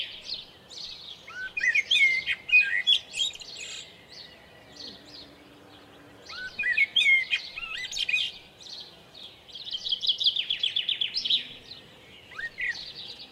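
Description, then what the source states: Common blackbird song: several phrases of fluty whistles and quick high twitters, separated by pauses. At Lucenay.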